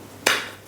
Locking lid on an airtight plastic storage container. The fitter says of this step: multipurpose तो तो यह हमारा यह ऐसे है और यह आपको ऐसे पूरा लॉक हो जाएगा यह